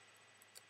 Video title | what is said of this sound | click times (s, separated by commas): SwitchEasy CapsuleReble Review | clip it on quite nicely you can you might have heard uh the thing snap uh into place or click | 0.4 s, 0.6 s